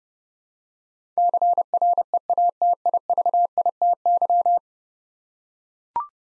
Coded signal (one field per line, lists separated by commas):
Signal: Morse code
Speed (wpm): 30 wpm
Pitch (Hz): 700 Hz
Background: none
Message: CREATIVITY